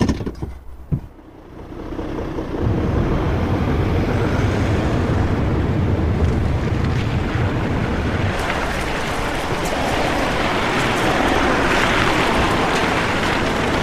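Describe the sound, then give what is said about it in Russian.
A car with Oleg inside starts off and drives along a dirt road, a brief quiet giving way to a steady, loud rumble of engine and tyres crunching over the ground, with no voices. “Олег в машине. Трогается, едет дальше по грунтовой дороге.”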